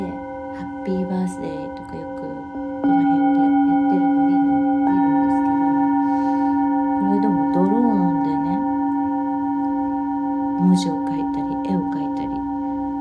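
Singing bowls ring in long, steady tones for sound healing, with new strikes near three and five seconds layering fresh pure notes over the sustained hum. A voice speaks softly throughout, rising and falling, with a wavering sung or spoken phrase around eight seconds.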